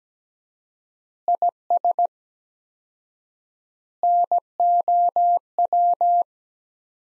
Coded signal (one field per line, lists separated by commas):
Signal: Morse code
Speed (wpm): 17 wpm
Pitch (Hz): 700 Hz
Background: none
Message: IS NOW